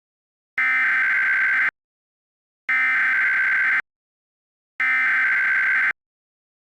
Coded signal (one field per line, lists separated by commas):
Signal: Emergency Alert System (SAME) tones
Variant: header bursts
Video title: EAS Scenario #23: Mega Scenario - Pandemic Pandemonium